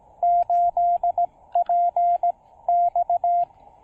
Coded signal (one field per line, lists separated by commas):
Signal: Morse code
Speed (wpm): 19 wpm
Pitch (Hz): 700 Hz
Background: radio noise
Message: 8P X